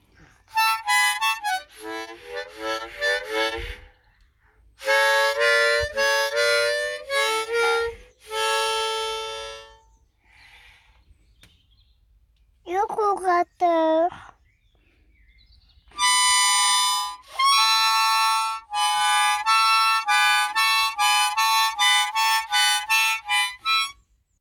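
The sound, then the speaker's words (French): A Radio Zine radio station jingle: loud, bright melodic phrases in short bursts separated by pauses, a swooping gliding figure partway through, then a longer sustained burst of rich tones to finish. “Et salut, salut la radio, attention jingle.”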